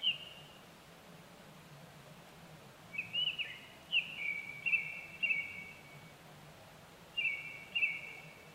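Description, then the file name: Japanese thrush song: bright whistled phrases of several fluty notes with short pauses, a brief note at the start and a last phrase near the end, low hum behind. Recorded 25 April 2010 at 18:00. "kurotugumi 20100425-1800"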